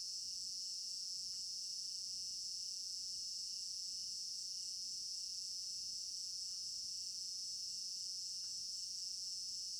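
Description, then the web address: Crickets chirping in a dense nonstop chorus, a steady shrill trill with a few faint clicks in the background. African village garden at night; stereo binaural recording. "African-Village Garden Night Crickets 03 Stereo-Binaural. immersive sound library"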